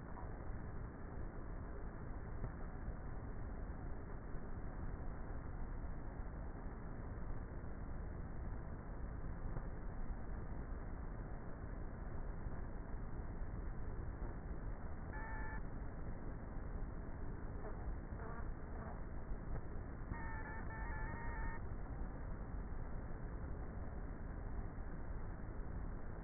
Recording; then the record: honeybee colony, microphone inside the hive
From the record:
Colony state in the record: queenless with a low population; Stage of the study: before two queens were removed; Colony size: about 30,000 bees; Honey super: no